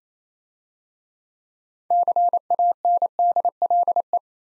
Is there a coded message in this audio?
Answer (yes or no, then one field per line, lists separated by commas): yes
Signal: Morse code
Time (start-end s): 1.9-4.2 s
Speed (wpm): 34 wpm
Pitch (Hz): 700 Hz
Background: none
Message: CANDLE